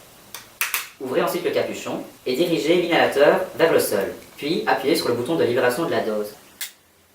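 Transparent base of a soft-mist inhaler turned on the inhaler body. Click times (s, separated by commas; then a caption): 0.6 s. With the cap closed and the inhaler held upright, the transparent plastic base of a soft-mist inhaler is turned on the inhaler body until it clicks into its loaded position. A sharp click sounds at 0.6 s, and someone then talks over the rest of the clip. The base is seated in its loaded position.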